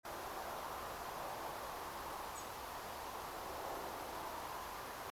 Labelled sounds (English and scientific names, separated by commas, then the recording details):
European Robin (Erithacus rubecula)
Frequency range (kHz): European Robin (Erithacus rubecula) 6.4-8.4 kHz
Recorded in France